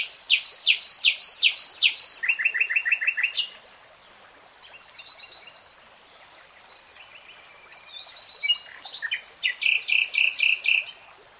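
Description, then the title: Nightingale singing varied phrases: rapid repeated sharp notes, a quick low trill, then softer whistles and a final run of bright repeated notes. Singing; real-time recording. "[Tiếng chim hót] Nightingale Singing"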